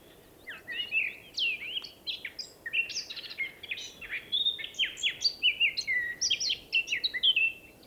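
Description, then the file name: Eurasian blackcap in full song, a long, hurried warble of scratchy chatter mixed with clear whistled notes, continuing without a break over faint hiss. "Sylvia atricapilla"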